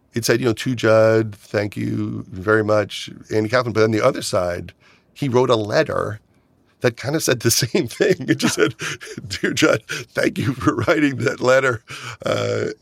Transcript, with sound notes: It said, you know, to Judd, thank you very much, Andy Kaufman. But on the other side he wrote a letter that kind of said the same thing. (Laughter) It just said, dear Judd, thank you for writing that letter,